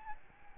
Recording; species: mosquito wingbeat signal from an infrared sensor; Aedes albopictus